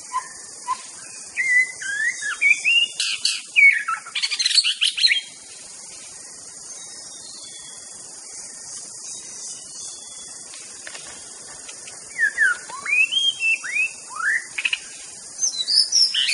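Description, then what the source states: White-rumped shama giving whistled phrases and harsh bursts early on, a long quiet stretch, then more varied swooping whistles and chatter, under steady insect noise. Natural song of a wild shama in the forest.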